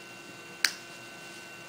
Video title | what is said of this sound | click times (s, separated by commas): Movie Patrick Drains Catheter Best. | there with the click | 0.6 s